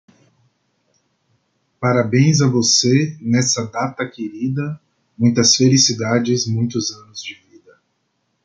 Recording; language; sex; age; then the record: short text; Brazilian Portuguese; male; 30 to 39 years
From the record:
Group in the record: control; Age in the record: 33 years